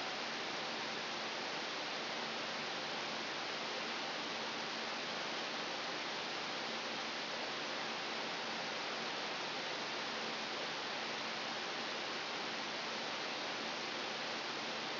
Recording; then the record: brain microelectrode recording played as sound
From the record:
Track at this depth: inside the subthalamic nucleus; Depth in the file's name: 1.352 mm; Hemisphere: right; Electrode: 3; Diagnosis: Parkinson's disease